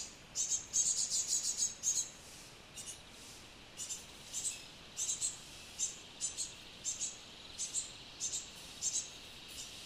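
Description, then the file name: Great tit giving short high-pitched calls, single and in quick clusters, scattered irregularly throughout over a steady background hiss. "Parus major"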